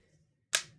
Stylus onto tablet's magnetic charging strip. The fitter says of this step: a nice click nice click so that's one thing i don't know if you know